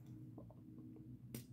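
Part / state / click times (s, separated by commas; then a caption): plastic toy panel into the robot body / seated / 1.3 s. A plastic panel on a Bumblebee transforming toy is flipped all the way up against the robot body, with faint soft ticks around 0.4 and 0.5 seconds. A sharp, bright click at 1.4 seconds marks the panel snapping into place, and it is seated.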